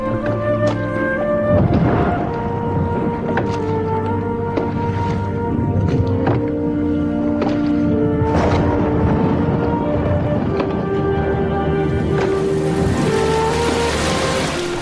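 Oars splash and knock steadily as a small boat is rowed quickly through choppy water under cloudy, windy skies ahead of a thunderstorm, with a constant rush of wind and waves beneath and a hissing swell rising near the end.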